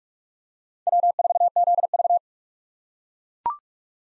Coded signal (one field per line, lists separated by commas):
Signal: Morse code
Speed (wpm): 43 wpm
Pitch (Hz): 700 Hz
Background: none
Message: W4ZV